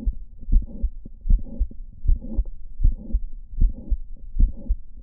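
Adult heart by stethoscope, standing, about 77 beats per minute. Mitral valve prolapse with a midsystolic click and late systolic murmur in a patient with Marfan syndrome and myxomatous degeneration. Standing reduces left ventricular volume, so the click and the onset of the murmur move earlier, toward the first heart sound.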